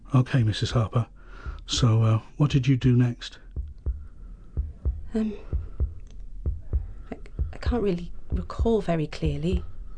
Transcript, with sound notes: Ok Mrs Harper so what did you do next?
(THE HEARTBEAT IN THE BACKGROUND BEGINS TO QUICKEN) Um… I can't really recall very clearly.